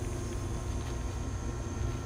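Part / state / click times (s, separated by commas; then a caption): star cap onto machine spigot / not seated / none. A plastic star cap is pushed onto a dispensing spigot of a soft-serve machine during reassembly. Only a steady low hum with broadband noise is heard, with no distinct sudden sounds. Nothing has seated or clicked yet.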